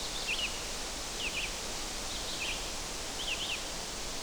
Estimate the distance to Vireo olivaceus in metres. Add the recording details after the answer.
about 40 m. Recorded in boreal forest in Alberta, Canada, on 12 June 2016 at 05:45. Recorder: SongMeter 3, array SBT-3-18. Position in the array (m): 232 m, 100 m